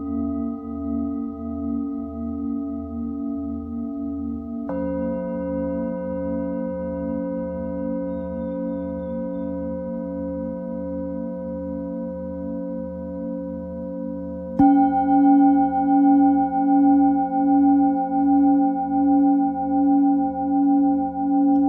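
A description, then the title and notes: A Tibetan singing bowl rings with a steady, shimmering hum that pulses slowly and evenly in the low end. Fresh strikes near 5 and 15 seconds shift the tone, the second louder and brighter, with pure overtones sustaining above the warm drone. Tibetan Singiing Bowl のサウンドヒーリングチャンネル LIVE.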